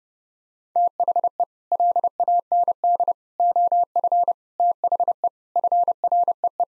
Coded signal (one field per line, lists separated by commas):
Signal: Morse code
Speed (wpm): 30 wpm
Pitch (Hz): 700 Hz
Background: none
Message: THE LAND OF THE FREE